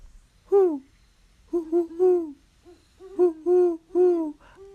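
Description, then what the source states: Great Horned Owl hooting, deep soft hoots: a single note, then a quick run of three, a pause, and another rapid series of several hoots. Call rendered as 'Who's awake? Me too'; hooting by the monogamous pair strengthens their bond and wards off other owls from the territory.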